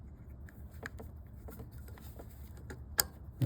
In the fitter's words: Okay, you'll just hear it click on there when you go ahead and put this on.